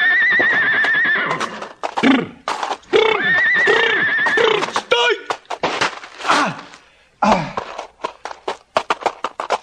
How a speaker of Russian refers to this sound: Капитан! Быстро! Быстро догнать убежавшую лошадь!